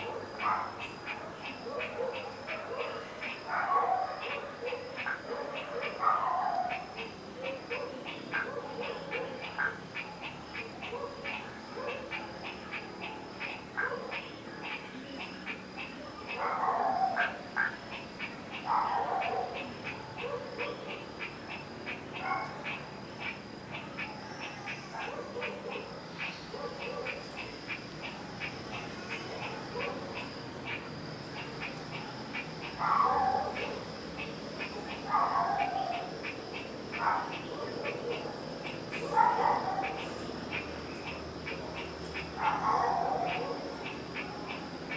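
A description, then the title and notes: Evening animal and insect calls: a steady high insect whine runs throughout while a mid-pitched call repeats every few seconds over soft ticking. A gentle evening of curious animal and insect calls, as people slow their day into the night. Recorded by Kit Wilmans Fegradoe in Da Lat, Vietnam.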